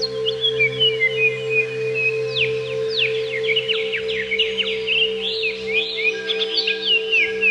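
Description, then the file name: Greater green leafbird song: a fast, varied stream of sharp slurred whistles and chirps, many steeply falling, with a steady low hum underneath. "cucak ijo"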